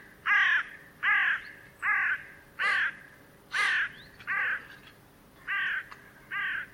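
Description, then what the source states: Bird repeating rough, nasal caw calls, eight calls in under seven seconds. Calls written as "co co co co".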